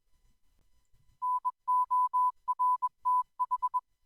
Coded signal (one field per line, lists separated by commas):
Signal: Morse code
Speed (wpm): 21 wpm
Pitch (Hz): 1000 Hz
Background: none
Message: NORTH